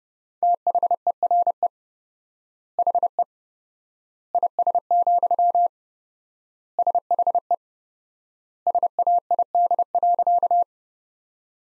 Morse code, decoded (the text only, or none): THERE HE IS, SHE SAID.